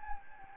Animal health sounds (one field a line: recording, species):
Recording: mosquito wingbeat signal from an infrared sensor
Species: Anopheles gambiae